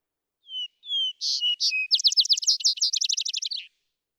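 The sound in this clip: Vesper sparrow song opening with two soft whistled notes, then harsh buzzy notes and a long rapid jangling trill, with no other sounds.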